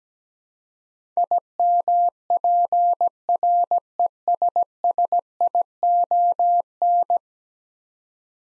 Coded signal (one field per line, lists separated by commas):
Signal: Morse code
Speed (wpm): 17 wpm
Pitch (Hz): 700 Hz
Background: none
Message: IMPRESSION